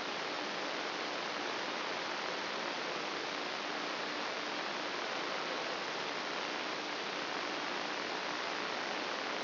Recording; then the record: brain microelectrode recording played as sound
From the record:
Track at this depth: inside the subthalamic nucleus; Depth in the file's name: 3.566 mm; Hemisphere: left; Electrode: 3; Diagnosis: Parkinson's disease